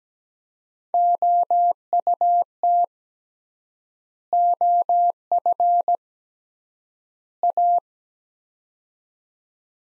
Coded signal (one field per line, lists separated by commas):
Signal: Morse code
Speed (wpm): 17 wpm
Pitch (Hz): 700 Hz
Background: none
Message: OUT OF A